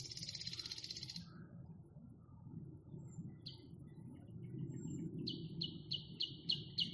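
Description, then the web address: Nightingale song: a dense, buzzy rattle burst, a pause with a brief note, then a run of loud repeated notes, over a steady low rumble. Nightingale singing, recorded in May 2021. "spiew-slowika-2021-maj-spiew-slowika"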